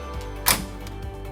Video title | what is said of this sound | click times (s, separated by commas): U-Bar LED Projector Headlights Installation GMC Sierra Denali | Once it's snapped together, you'll be replacing | 0.5 s